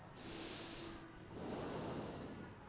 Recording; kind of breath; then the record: one breath in and out by a microphone near the nose and mouth; normal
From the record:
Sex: male